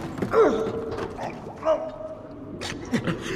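A heavy door creaks open in two long, groaning strains, each starting with a sharp squeal that settles into a steady low whine, followed by a faint knock and shuffling.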